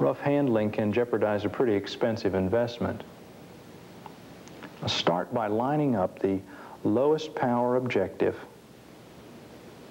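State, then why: Not seated. Someone talks while the revolving nosepiece of a school microscope is turned to bring the lowest-power objective lens into line. A few faint ticks sound in the quiet pause around 4.1 to 4.7 seconds. The objective has not yet clicked into place by the end of the clip.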